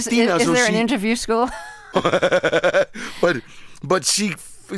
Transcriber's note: laughter